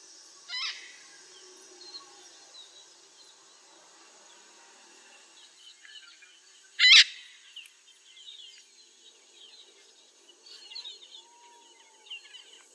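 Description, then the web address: Eclectus parrot making a brief harsh squawk, then a louder raspy screech, amid faint chirps from other birds and a steady high hiss. Heard in Indonesia. "ULM-DS-Lab indonesian-bird-sounds. Eclectus roratus"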